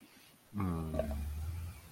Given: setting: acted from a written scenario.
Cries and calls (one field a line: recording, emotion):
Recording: vocal sound without words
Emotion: ecstasy